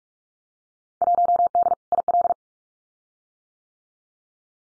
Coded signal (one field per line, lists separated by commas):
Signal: Morse code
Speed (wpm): 46 wpm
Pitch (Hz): 700 Hz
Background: none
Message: 1D IL